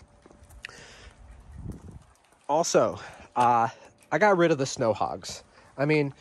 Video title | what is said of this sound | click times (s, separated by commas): Project Snapper 1030 Part 1, Walk Around and Testing. | locks into place wherever you wanted to and it doesn't walk back anywhere as well | 0.7 s